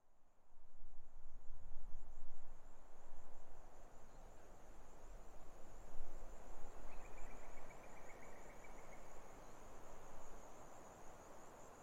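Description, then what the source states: Grasshoppers stridulating in a steady, finely pulsed high buzz throughout, with gusting wind rumbling underneath and a brief trilled bird phrase in the second half. Autumn afternoon, lukewarm, 6 May 2015, arid hills of the Barrier Ranges near Broken Hill, Australian outback; wind through desert she-oaks, sparse bird song.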